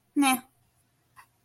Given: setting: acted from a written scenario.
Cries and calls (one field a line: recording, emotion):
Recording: vocal sound without words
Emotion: neutral